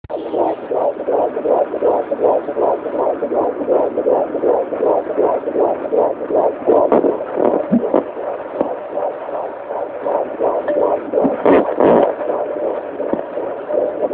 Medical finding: Heartbeat.